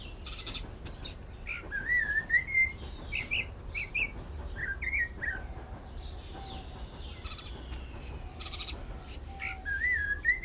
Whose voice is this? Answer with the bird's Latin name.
Cossypha niveicapilla